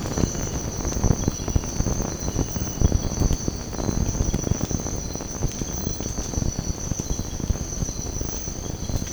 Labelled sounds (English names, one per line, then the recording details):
none
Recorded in secondary vegetation near Puerto Asís, Putumayo, Colombia, on 19 March 2025 at 04:30
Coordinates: 0.481, -76.318
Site G097